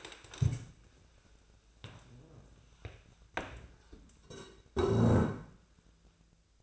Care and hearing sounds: daily activity, microphone in the room; stand up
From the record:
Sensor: 2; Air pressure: 1000.3 hPa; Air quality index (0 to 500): 162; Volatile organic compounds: 3 ppm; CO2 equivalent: 1346 ppm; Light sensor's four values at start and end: 8/19/8/9 and 9/18/9/9

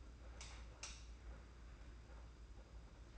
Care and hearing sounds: daily activity, microphone in the room; light on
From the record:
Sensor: 2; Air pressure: 991.8 hPa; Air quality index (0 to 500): 226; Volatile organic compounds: 1000 ppm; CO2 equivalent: 7580 ppm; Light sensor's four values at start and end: 11/27/11/11 and 16/44/17/16

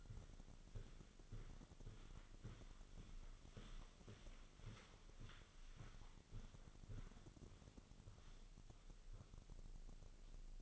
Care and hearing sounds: daily activity, microphone in the room; walk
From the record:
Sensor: 4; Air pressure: 1010.1 hPa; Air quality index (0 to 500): 173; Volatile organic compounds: 2 ppm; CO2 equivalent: 1252 ppm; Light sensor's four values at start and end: 59/147/62/68 and 58/145/61/67

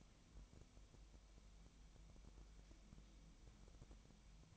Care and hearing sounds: daily activity, microphone in the room; wipe stove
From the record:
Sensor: 1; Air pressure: 1001.7 hPa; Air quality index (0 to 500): 218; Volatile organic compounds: 28 ppm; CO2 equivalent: 2910 ppm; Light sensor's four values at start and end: 8/29/10/11 and 8/29/10/11

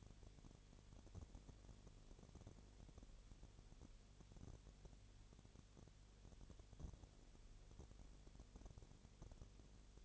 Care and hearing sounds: daily activity, microphone in the room; no activity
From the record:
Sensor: 4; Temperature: 22.6 degrees Celsius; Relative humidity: 32.0%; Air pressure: 1008.1 hPa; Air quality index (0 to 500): 114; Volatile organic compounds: 2 ppm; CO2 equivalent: 1104 ppm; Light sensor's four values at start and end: 2/3/1/1 and 2/3/1/1

